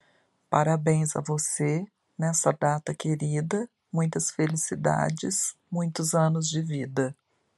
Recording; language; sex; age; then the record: short text; Brazilian Portuguese; female; 50 to 59 years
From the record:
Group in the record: control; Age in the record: 51 years